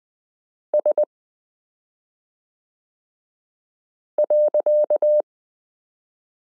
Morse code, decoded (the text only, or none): S.